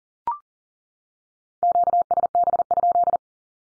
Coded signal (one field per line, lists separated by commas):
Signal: Morse code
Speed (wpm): 40 wpm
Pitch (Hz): 700 Hz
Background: none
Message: QSB?